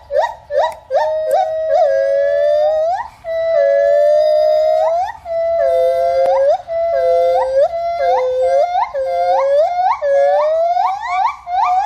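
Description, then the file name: Gibbon whooping loudly in a long run of rising, swooping hoots that bend upward at each end, rich in overtones, coming faster toward the close. "長臂猿"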